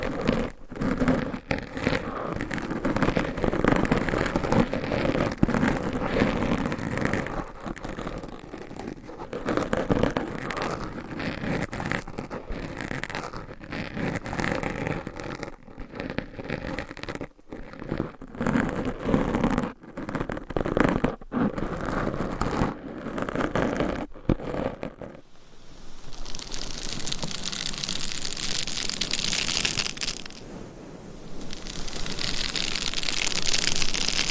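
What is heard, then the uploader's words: Dense scratching on a microphone with long nails, a busy crackly rasp broken by brief pauses. Around 25 seconds the sound turns thinner and brighter, a steady hissing scrape with a short break near 30 seconds. ASMR Binaural Mic Scratching - Brain Scratching No Talking for Sleep with Long Nails.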